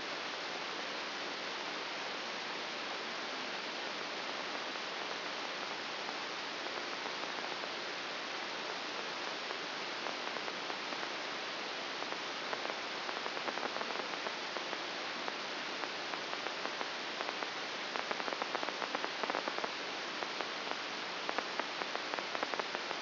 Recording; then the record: brain microelectrode recording played as sound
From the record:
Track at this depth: outside the subthalamic nucleus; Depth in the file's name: 6.801 mm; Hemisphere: right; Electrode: 2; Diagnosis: Parkinson's disease